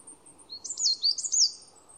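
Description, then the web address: Bird call: a quick phrase of high, sweeping chirps, rising and falling, in three or four short bursts. "cianscape birddata Deverinetal 2025"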